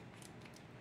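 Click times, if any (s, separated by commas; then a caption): none. A plastic cap is handled onto a lip gloss tube as it is being closed, with faint high-pitched scuffs and a small tick around 0.3 s. The cap has not clicked shut or seated yet.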